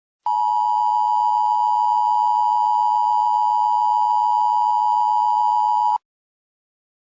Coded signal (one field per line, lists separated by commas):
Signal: Emergency Alert System (SAME) tones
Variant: 853 and 960 Hz attention tone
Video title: EAS scenario: the screenslaver effect